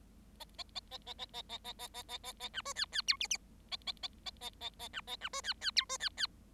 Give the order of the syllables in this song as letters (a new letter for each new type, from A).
A A A A A A A A A A A A A A B C D D E F F A A A A A A A B A B C D D E C D D